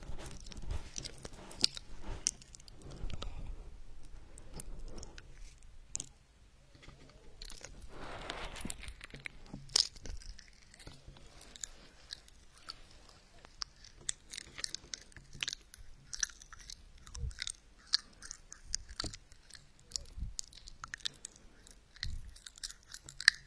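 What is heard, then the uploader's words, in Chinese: Popping candy crackles in a mouth, a dense scatter of tiny sharp pops and snaps that keeps going with no regular rhythm. Chewing and crunching sounds mix in, with a softer, smeared rustle around eight seconds. From about fifteen seconds on, the pops come quicker and brighter. 跳跳糖在口腔要爆咯。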